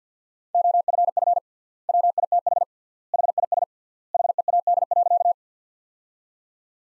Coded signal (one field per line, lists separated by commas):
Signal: Morse code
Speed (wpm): 50 wpm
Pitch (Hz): 700 Hz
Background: none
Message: OFF WITH HIS HEAD.